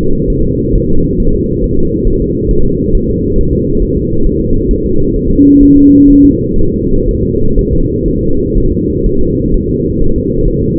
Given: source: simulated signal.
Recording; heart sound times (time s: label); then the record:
fetal heart sounds
0.30 s: S1
0.45 s: S2
0.75 s: S1
0.90 s: S2
1.20 s: S1
1.35 s: S2
1.64 s: S1
1.79 s: S2
2.08 s: S1
2.22 s: S2
2.51 s: S1
2.66 s: S2
2.95 s: S1
3.09 s: S2
3.39 s: S1
3.53 s: S2
3.82 s: S1
3.97 s: S2
4.27 s: S1
4.41 s: S2
4.71 s: S1
4.86 s: S2
5.16 s: S1
5.31 s: S2
5.63 s: S1
5.77 s: S2
6.10 s: S1
6.25 s: S2
6.59 s: S1
6.74 s: S2
7.09 s: S1
7.23 s: S2
7.59 s: S1
7.73 s: S2
8.08 s: S1
8.23 s: S2
8.58 s: S1
8.72 s: S2
9.06 s: S1
9.21 s: S2
9.54 s: S1
9.69 s: S2
10.02 s: S1
10.16 s: S2
10.48 s: S1
10.62 s: S2
From the record:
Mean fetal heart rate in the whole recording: 130 bpm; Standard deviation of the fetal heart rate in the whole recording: 4 bpm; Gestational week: 38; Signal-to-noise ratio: -17.7 dB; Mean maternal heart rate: 72 bpm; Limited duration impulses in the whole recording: present